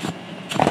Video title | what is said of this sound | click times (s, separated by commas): The Khukuri House KHHI Nepal-History & Amazing Products #22aday | fit okay snaps into place it kind of turns by itself from the spine | 0.6 s